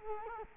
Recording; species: mosquito wingbeat signal from an infrared sensor; Culex quinquefasciatus